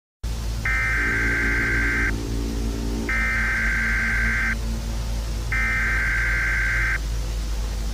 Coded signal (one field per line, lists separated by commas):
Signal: Emergency Alert System (SAME) tones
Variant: header bursts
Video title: EAS Scenario - C-PRIT (Part 2)